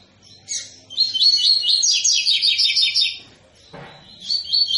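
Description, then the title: Double-collared seedeater song: a high, fast run of repeated buzzy chirping notes, a brief pause with a soft thud, then another phrase begins. Tui-tui song style, described as a tutor song for teaching young birds. "COLEIRO TUI TUI FIBRA CANTO PROFESSOR"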